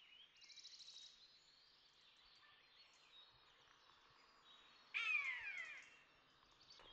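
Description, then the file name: Common buzzard giving a single loud, downslurred mewing cry near the end, following a quiet stretch of high songbird trills and twitters. "egereszolyv hangja"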